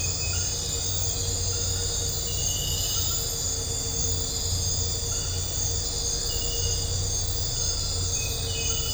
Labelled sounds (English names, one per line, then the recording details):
none
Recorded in dense forest near Puerto Asís, Putumayo, Colombia, on 4 March 2025 at 01:30
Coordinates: 0.468, -76.322
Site GP01